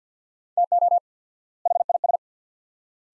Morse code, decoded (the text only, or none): TO HIS